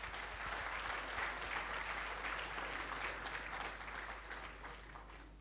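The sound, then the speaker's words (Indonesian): A crowd applauds steadily during a church worship service, a dense wash of many hands clapping at a fairly even level that fades slightly toward the end, with no voices standing out. “Puji Tuhan, sekali lagi kita berikan tepuk tangan.”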